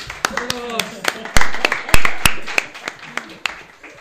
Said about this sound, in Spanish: Un aplauso para él.